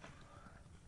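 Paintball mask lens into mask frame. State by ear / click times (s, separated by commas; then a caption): not seated / none. The tabs on one side of a plastic paintball mask lens are lined up with a V-Force Profile mask frame while the lens is pushed in, giving a steady low rustling handling noise with a small bump at 0.0 s. Nothing has seated or clicked yet.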